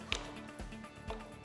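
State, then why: Not seated. The folded front steering stem of a Kaabo Mantis 8 electric scooter is being raised toward vertical into its folding hinge latch, with music playing underneath. A sharp tap sounds at 0.1 s and a softer knock at 1.1 s as the stem is handled. Nothing has seated or clicked into place yet.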